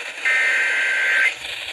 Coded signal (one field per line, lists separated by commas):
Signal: Emergency Alert System (SAME) tones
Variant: header bursts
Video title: (EAS #298 - #326) ABSOLUTE CRAZINESS IV: Flash Flood Emergency - EAS Alerts from 8/5/21 - 8/7/21